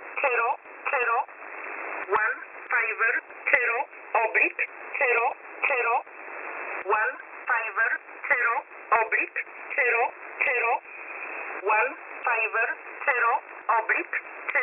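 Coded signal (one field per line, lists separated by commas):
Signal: numbers station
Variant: E11 Oblique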